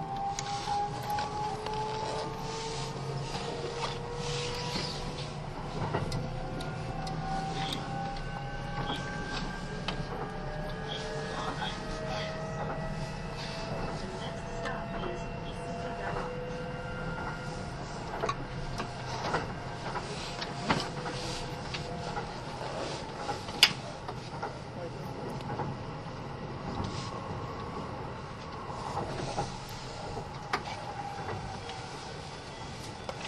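Onboard a Kintetsu 80000 series Hinotori limited express, a steady running hum with a low rumble throughout. Whining motor tones glide slowly up and down in pitch, while faint clicks and knocks from the track come at irregular moments, one sharper at about 24 seconds.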